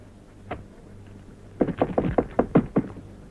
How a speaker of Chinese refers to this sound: 我跟你说过多少次了，进来以前先要敲门。